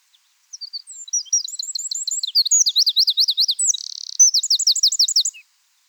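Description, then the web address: Eurasian wren song, a loud, high, rapid outpouring of sweeping notes and fast trills, with a buzzy rattle near the end before a final trill; nothing else heard. "SETE Troglodytes troglodytes"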